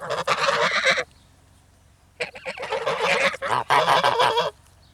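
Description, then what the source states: Goose: geese giving a burst of rough honks and hisses, then a second of quiet, then a longer burst of several birds calling together. Several angry geese, shouting and hissing, recorded close.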